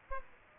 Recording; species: mosquito wingbeat signal from an infrared sensor; Aedes aegypti